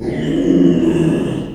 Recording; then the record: squeal of a Yucatan mini pig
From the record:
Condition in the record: after surgery on the right vocal fold (resection and tissue-engineered implant); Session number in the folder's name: 2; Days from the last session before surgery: 13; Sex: male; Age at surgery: 12 weeks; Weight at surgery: 13 kg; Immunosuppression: cyclosporine, prednisolone